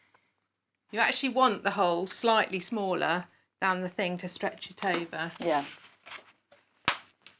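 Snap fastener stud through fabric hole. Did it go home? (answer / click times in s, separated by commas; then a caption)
yes / 6.9 s. A snap fastener stud is pushed through a slightly smaller hole in fabric, with the fabric stretched over it. Someone talks for most of the clip, then a few soft rustles follow, and a sharp little click at 6.9 s marks the stud seating in the fabric.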